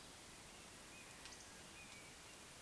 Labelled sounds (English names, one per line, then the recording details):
Eurasian Woodcock whistle
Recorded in Baden-Württemberg, Germany, on 16 June 2020 at 19:33 UTC
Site 45520, 595 m above sea level